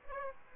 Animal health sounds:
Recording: mosquito wingbeat signal from an infrared sensor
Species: Aedes aegypti

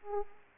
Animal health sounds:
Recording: mosquito wingbeat signal from an infrared sensor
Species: Aedes aegypti

